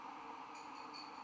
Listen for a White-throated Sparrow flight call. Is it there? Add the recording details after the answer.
no. No flight call is heard. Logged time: 23:08 on 14 December 2014